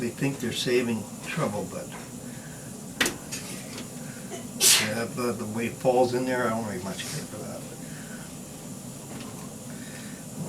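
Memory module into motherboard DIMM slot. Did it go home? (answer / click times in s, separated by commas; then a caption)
no / none. Someone talks while a mismatched RAM module is pressed into a DIMM slot on an X299 Sage motherboard, with a brief sharp knock near 3.0 s among soft handling noises. The module looks inserted, but it has not clicked or seated.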